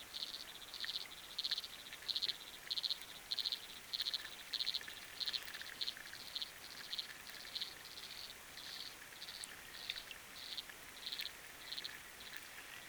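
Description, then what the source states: Frog calls underwater, short pulsed bursts repeated in a steady series, with soft rain hiss beneath. Recorded underwater with a hydrophone; rain and wind also heard.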